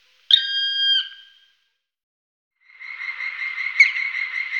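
Black woodpecker giving a sharp onset followed by a drawn-out, ringing harmonic note lasting under a second, then a pause and a longer, rougher, noisy call.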